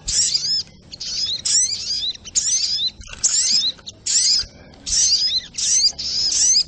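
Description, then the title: Crimson Sunbird singing shrill, sharply rising and falling twitters in dense bursts, with uneven pauses between about nine phrases. Masteran recording for training cage birds, titled Labaik. "Masteran Burung Sogok Ontong Labaik"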